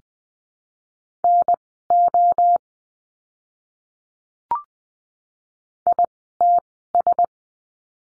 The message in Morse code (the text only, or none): NO ITS